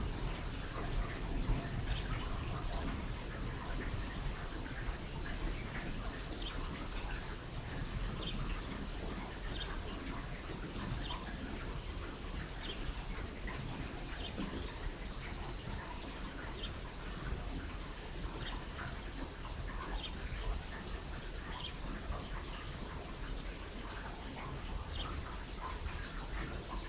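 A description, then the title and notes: Rain falls steadily for the whole stretch, a dense, even hiss filled with countless small patters and brighter drop ticks scattered throughout. A low rumbling undertone runs beneath it, and the loudness stays nearly constant from start to finish. Rain - 3pm - stereo version.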